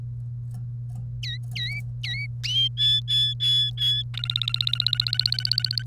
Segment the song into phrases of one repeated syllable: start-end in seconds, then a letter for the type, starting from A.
1.23-2.26 A, 2.44-4.03 B, 4.14-5.83 C